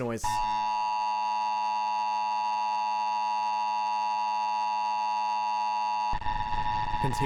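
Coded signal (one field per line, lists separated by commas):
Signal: Emergency Alert System (SAME) tones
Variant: 853 and 960 Hz attention tone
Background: speech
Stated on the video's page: Fictional EAS tones from an analog horror series.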